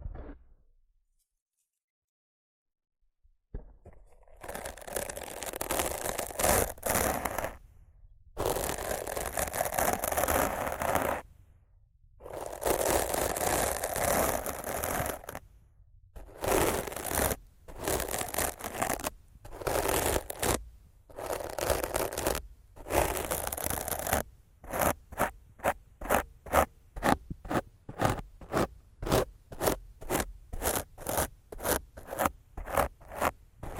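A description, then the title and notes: Rough scratching and brushing against a mic begins after three seconds of silence: long scraping strokes with gaps, then rapid short repeated scrapes. ASMR Rough Mic Scratching & Brushing (No Talking).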